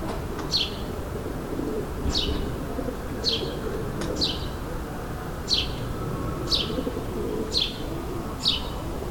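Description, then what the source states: Sparrow chirps, short downward-sweeping notes repeated about once a second, over a steady low background rumble. Suburban ambient, May 2022.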